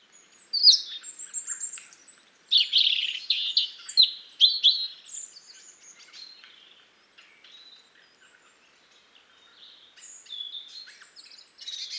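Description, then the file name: European robin delivering shrill, jumbled phrases of high whistles and chattering trills, fading into faint notes midway before a short, thin phrase returns. "Erithacus rubecula"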